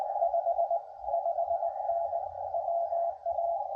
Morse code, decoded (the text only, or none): 55N WA